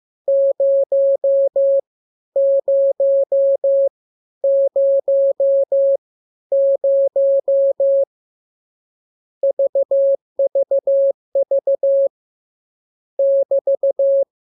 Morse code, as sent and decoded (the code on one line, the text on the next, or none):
----- / ----- / ----- / ----- / ...- ...- ...- / -...-
0 0 0 0 VVV <BT>